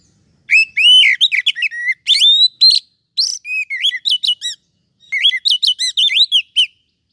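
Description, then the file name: Oriental magpie-robin song in four phrases of quick, looping whistled notes separated by brief pauses. "Suara-Kacer-Versi-1"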